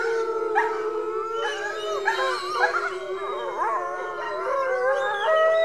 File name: Howls Growls - Coyote Yip Howls and Wolf Chorus Howls